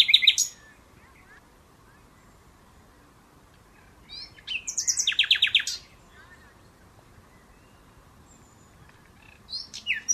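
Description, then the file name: Common nightingale phrases: a short rattle, a long silence, then a loud fast series of clicking notes, and another brief burst at the end. "Luscinia megarhynchos"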